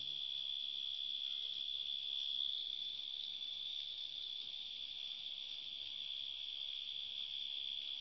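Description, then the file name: Cricket giving a continuous high, shrill trill that runs unbroken throughout, with no other clear sounds. "grillos"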